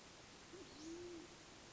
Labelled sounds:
Band-tailed Pigeon
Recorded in Sonoma County, California

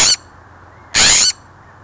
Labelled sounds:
California Scrub-Jay
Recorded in Sonoma County, California

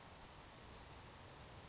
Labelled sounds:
Savannah Sparrow
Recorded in Sonoma County, California

